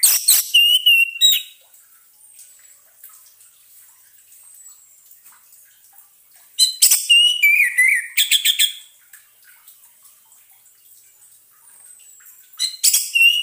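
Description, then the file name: Orange-headed thrush delivering three bursts of rich, tumbling whistles, separated by quiet stretches of several seconds. Used as a lure sound, intended to keep the bird from becoming stressed. "suara pancingan burung anis merah agar tidak stress"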